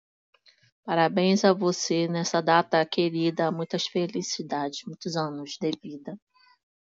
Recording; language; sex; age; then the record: short text; Brazilian Portuguese; female; 50 to 59 years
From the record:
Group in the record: control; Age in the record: 55 years